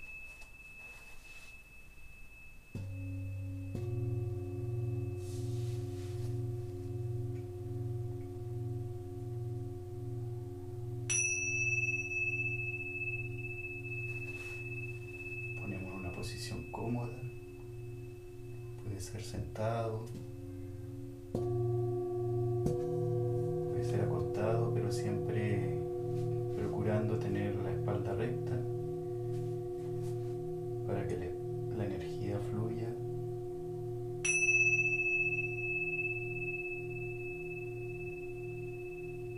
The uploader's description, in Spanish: sonidos de cuencos tibetanos, flautas y usando la voz